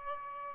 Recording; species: mosquito wingbeat signal from an infrared sensor; Aedes albopictus